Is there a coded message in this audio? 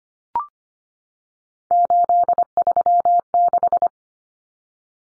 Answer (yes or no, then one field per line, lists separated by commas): yes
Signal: Morse code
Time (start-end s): 1.7-3.9 s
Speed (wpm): 25 wpm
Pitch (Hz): 700 Hz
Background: none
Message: 836